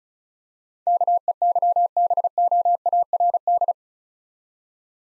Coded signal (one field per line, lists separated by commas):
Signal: Morse code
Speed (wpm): 36 wpm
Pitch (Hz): 700 Hz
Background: none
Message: KEYBOARD